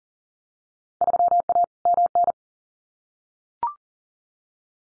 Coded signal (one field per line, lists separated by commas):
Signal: Morse code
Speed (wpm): 41 wpm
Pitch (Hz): 700 Hz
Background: none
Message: 3A MN